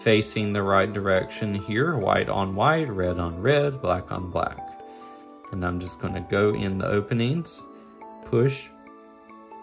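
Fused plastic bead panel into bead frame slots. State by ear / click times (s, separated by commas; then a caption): not seated / none. Someone talks while lining up the second side panel of fused Perler beads (melted plastic beads) and starting to push it into the openings of a 3D Poke Ball bead frame. Only speech is heard, with quiet pauses between phrases. The panel has not snapped or seated yet.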